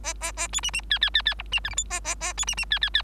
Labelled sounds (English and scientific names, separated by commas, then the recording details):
Bengalese Finch (Lonchura striata domestica) song
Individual Bird3